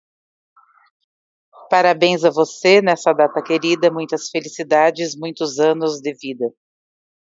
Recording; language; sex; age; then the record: short text; Brazilian Portuguese; female; 40 to 49 years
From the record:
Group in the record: control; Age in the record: 46 years